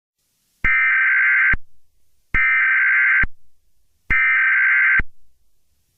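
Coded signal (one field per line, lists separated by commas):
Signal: Emergency Alert System (SAME) tones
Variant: header bursts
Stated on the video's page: Fictional Halloween EAS scenario, simulated alert.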